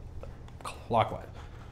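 A receiver housing is being rotated clockwise by hand on a Sten Mk5 airsoft gas blowback carbine, with faint handling taps around 0.2, 0.5 and 0.6 s while someone talks. The housing has not yet locked or clicked into place, and nothing has seated by the end of the clip.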